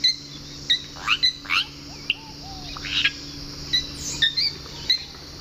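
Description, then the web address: Yellow-rumped cacique calling: short bright chirps and rough squawks in uneven bursts, a few low whistled notes between, over a steady low hum. Calls recorded in the eastern lowlands of South America. "Natures Songs S America Eastern Lowlands. Cacicus cela, calls"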